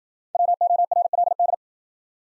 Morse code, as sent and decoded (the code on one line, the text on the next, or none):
.-- --- .-. .-.. -..
WORLD